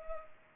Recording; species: mosquito wingbeat signal from an infrared sensor; Culex pipiens